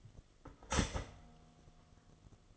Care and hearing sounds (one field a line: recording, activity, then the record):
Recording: daily activity, microphone in the room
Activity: start toaster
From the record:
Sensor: 4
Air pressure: 1015.5 hPa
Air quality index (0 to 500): 194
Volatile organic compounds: 9 ppm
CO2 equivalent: 2168 ppm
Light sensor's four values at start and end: 4/9/3/3 and 4/9/3/3